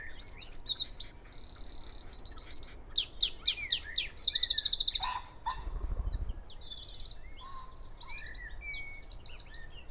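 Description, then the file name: Eurasian wren singing loudly, high notes tumbling into rapid trills and rattles, a brief pause midway, then more thin, fast twittering phrases. "Troglodytes troglodytes"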